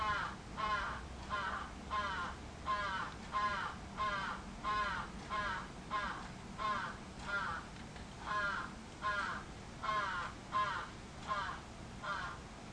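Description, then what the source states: Crow calling with rhythmic, rasping caws, spaced fairly evenly, a little over one per second, continuing steadily with a soft low drone behind. Recorded 11 July 2011.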